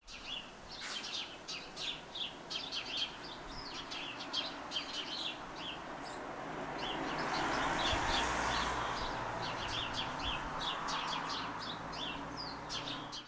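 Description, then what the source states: Bird chirping in quick, sharp repeated notes throughout, while a low rumbling noise swells from the middle and stays loud until near the end. Recorded with an Olympus LS-10 recorder.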